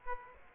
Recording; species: mosquito wingbeat signal from an infrared sensor; Aedes aegypti